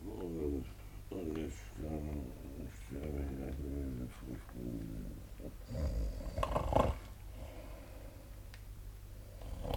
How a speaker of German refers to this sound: Oh, und der Tote schnarcht ja. Hier liegt irgendein lebendiger Lümmel.